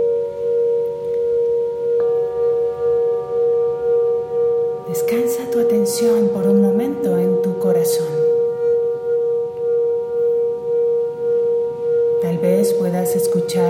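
Tibetan singing bowls ring in a steady, sustained drone with a strong pure tone and fainter overtones, a second bowl joining at about two seconds. From roughly five to eight seconds and again near twelve seconds, a voice speaks over the ringing.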